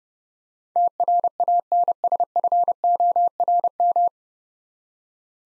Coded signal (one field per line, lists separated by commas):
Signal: Morse code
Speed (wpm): 30 wpm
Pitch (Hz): 700 Hz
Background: none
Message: TRANSFORM